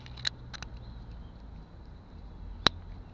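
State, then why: Seated. After the blanking cap is removed from the data socket on a Honda BF50D outboard engine, the plastic connector of an NMEA 2000 interface cable, for a network with a Garmin GPSMap 1022xsv echosounder, is pushed into its place. A few faint ticks sound near 0.3 and 0.6 s over a low background hum, then one sharp, loud click at 2.7 s as the connector seats in the socket.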